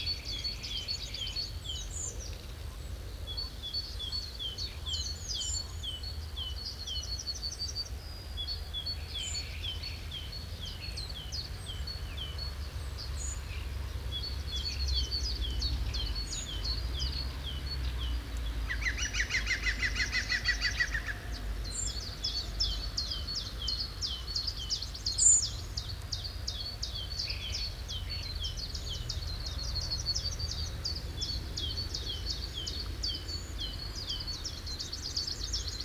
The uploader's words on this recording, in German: Stare in der Lehmgrube Marloffstein (am Morgen; Kopfhörerfassung). Die Stare sind am Morgen noch lauter als am Abend.